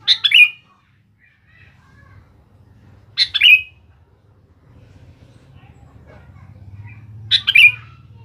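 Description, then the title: Sooty-headed bulbul song: three short bubbly phrases, about every four seconds, with low background noise growing louder toward the end. "Kutilang"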